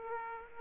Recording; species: mosquito wingbeat signal from an infrared sensor; Aedes aegypti